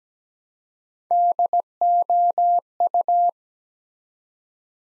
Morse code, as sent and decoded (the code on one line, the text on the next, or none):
-.. --- ..-
DOU